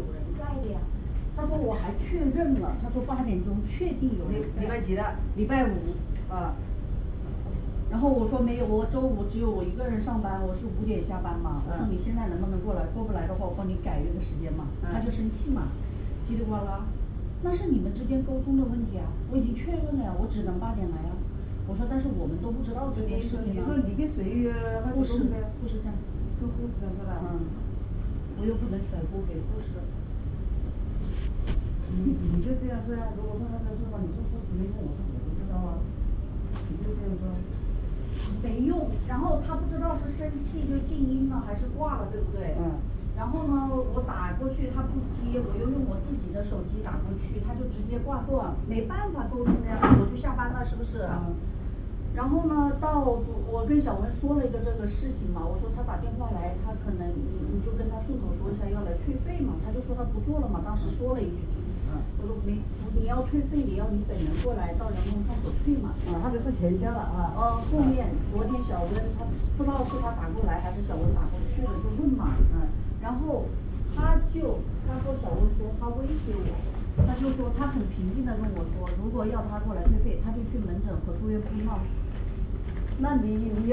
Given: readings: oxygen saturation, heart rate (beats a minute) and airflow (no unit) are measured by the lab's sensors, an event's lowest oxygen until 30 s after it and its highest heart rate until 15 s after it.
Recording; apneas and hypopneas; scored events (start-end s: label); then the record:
a person awake in a sleep study, by a smartphone at the bedside; none
0.00-83.73 s: awake
From the record:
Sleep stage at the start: awake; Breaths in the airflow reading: 28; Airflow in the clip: -0.8 to 0.7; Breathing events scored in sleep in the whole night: 449 in 7.0 hours asleep